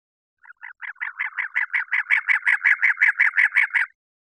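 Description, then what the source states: Cactus wren churring call, many scratchy notes in quick, even succession, swelling in loudness before stopping abruptly. Recorded 24 February 2001.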